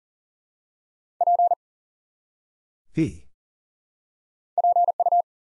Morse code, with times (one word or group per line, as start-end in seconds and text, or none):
1.2-1.5 P
4.6-5.2 PU